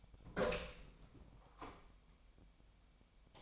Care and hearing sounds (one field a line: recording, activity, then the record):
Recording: daily activity, microphone in the room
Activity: open door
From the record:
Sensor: 1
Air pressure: 1007.2 hPa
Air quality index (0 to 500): 200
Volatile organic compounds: 21 ppm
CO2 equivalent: 2707 ppm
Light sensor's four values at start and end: 13/32/13/15 and 13/33/13/15